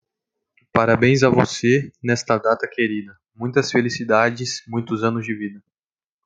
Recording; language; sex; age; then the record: short text; Brazilian Portuguese; male; 18 to 19 years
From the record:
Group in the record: control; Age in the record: 19 years